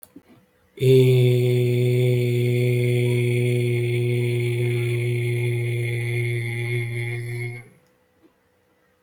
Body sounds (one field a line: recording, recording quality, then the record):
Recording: sustained vowel as in made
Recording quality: excellent, no background noise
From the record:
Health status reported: healthy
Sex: male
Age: 29 years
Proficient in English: yes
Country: India